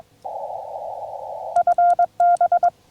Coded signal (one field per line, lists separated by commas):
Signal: Morse code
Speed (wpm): 22 wpm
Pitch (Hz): 700 Hz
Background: none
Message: FB